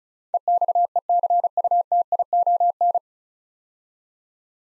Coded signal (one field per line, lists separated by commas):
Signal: Morse code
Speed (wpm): 36 wpm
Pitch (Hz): 700 Hz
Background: none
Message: EXECUTION